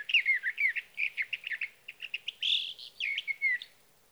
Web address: birdsongforthecurious songs Sage Thrasher